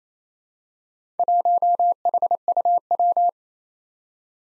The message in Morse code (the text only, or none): 1HUW